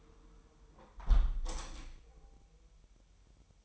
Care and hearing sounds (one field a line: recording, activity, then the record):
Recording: daily activity, microphone in the room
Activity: close window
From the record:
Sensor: 1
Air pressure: 999.9 hPa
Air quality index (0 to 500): 236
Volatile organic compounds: 106 ppm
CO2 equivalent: 3795 ppm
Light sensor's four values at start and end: 11/26/10/11 and 10/25/10/11